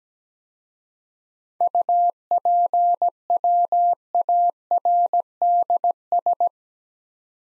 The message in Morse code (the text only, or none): UPWARDS